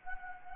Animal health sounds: mosquito wingbeat signal from an infrared sensor; Anopheles gambiae

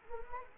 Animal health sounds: mosquito wingbeat signal from an infrared sensor; Anopheles arabiensis

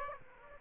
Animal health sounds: mosquito wingbeat signal from an infrared sensor; Aedes aegypti

